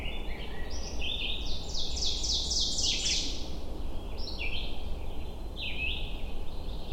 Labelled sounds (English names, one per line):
Ovenbird song